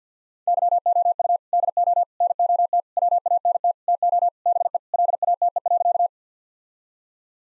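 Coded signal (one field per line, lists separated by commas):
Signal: Morse code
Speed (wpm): 50 wpm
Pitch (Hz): 700 Hz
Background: none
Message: YOU DO NOT WANT TO BE LATE.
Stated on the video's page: Morse code head-copy drill of sentences with common five-word phrases at 50 wpm, each sent, spoken, then sent again.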